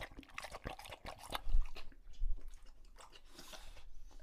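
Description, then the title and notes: English Bulldog: dog drinking noisily, wet lapping and slurping clicks in quick bursts, with a couple of heavier gulps midway. Male English Bulldog drinking from a water bowl after a long walk, out of breath from the walk. "Lucho the English Bulldog"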